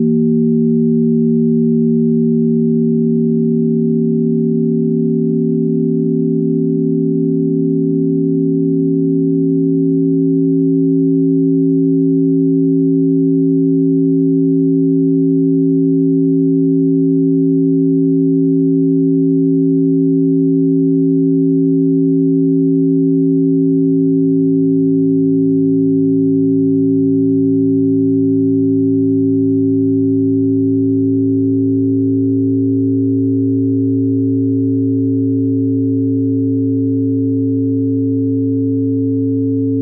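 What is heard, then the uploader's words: Layered pure sine tones hold steady, low and mid-pitched, slowly shifting as notes drop lower near twenty-five seconds and rise after thirty. An evolving sine wave sequence.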